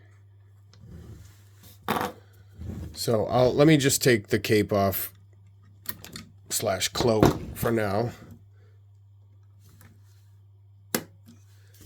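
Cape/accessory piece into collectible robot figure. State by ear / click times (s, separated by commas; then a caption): seated / 10.9 s. Someone talks while unboxing a CCS Toys Gunbuster collectible robot figure and fits a plastic or die-cast part, likely the cape or cloak piece, onto it. One sharp, loud snap is heard at 11.0 s as the part clicks into place and seats.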